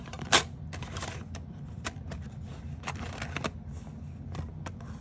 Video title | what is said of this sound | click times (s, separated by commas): Terrific Tuesdays Episode 17: Changing Leaves Hybrid Embossing Folder | and it you could hear it kind of snap into place | 3.4 s, 3.5 s